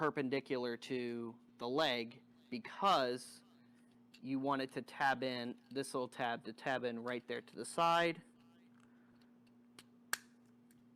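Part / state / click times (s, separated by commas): plastic tab into the side slot of a figure's leg / seated / 10.1 s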